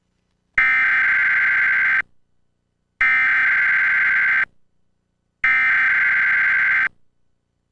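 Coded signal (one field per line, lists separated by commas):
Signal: Emergency Alert System (SAME) tones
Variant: header bursts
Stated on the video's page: Monthly test relayed via Xfinity cable (X1 from IPAWS CAP without audio, Legacy from an FM station), Trilithic EASyPLUS unit, and local TV stations.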